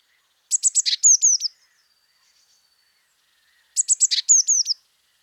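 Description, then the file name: Eurasian blue tit, two similar phrases: a quick series of clicking high notes running into several sliding, downward whistles, the phrases about three seconds apart. "Cyanistes caeruleus"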